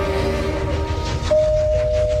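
A train pulls away on the rails, a steady low rumble beneath a thin whining tone that jumps to a higher, brighter pitch partway through. No one speaks.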